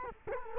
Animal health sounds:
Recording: mosquito wingbeat signal from an infrared sensor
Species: Culex quinquefasciatus

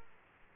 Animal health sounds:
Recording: mosquito wingbeat signal from an infrared sensor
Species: Aedes aegypti

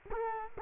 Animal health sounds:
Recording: mosquito wingbeat signal from an infrared sensor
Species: Culex quinquefasciatus

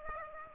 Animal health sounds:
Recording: mosquito wingbeat signal from an infrared sensor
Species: Aedes aegypti

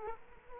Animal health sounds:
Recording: mosquito wingbeat signal from an infrared sensor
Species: Culex quinquefasciatus

